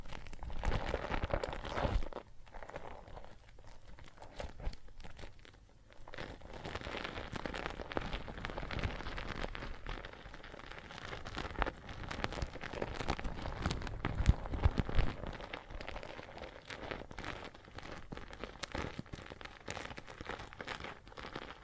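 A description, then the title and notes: Soapy foam fizzes and crackles in a dense, steady stream of tiny pops, briefly thinning near two and five seconds. ASMR Relaxing Water and Soap Foam Sounds (No Talking).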